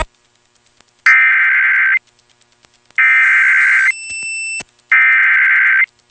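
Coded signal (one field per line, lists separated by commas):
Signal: Emergency Alert System (SAME) tones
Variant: header bursts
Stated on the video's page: Real EAS tones aired on an FM radio station and a TV station during a severe thunderstorm.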